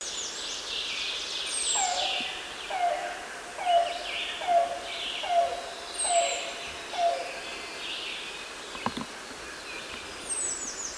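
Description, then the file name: Yellow-billed Cuckoo giving seven low, knocking notes spaced about a second apart, then falling silent, while other birds chirp and whistle higher up. "Coccyzus americanus - Yellow-billed Cuckoo"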